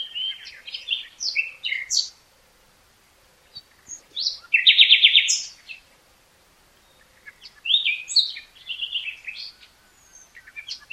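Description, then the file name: Common nightingale song in varied phrases, chirps and whistles, then a loud buzzy rapid trill, more varied notes after a pause. "Luscinia megarhynchos"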